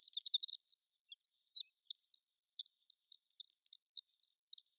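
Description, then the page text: Horned lark song, a rapid jumble of high, thin twittering notes, then a short gap and a run of separate, regularly spaced sharp chips. Prairie horned lark subspecies; extended twittering. "Prairie Horned Lark Extended Twittering. Quick Sounds library"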